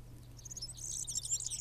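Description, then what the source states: European serin song, a brief, fast jumble of high, thin, screechy jingling notes that starts partway in and continues to the end, over a low steady hum. Fast, screechy song; hearing it means you are inside a serin's territory.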